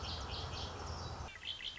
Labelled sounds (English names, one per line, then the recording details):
Red-winged Blackbird
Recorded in Sonoma County, California